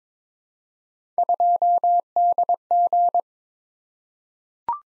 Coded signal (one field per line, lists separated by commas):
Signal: Morse code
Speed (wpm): 22 wpm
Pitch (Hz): 700 Hz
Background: none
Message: 2DG